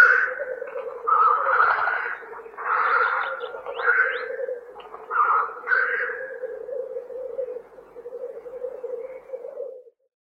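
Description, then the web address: Black grouse giving a run of rasping hisses over the first six seconds above a constant bubbling coo, which continues until it cuts off near ten seconds. "тетерев"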